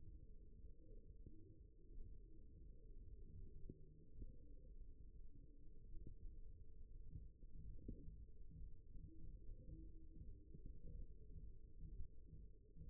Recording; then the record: forearm muscle sounds (acoustic myography)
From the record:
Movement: thumb flexion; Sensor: system 1, eight BSWA MPA416 microphones around the upper forearm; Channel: 3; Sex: male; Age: 54 years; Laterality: right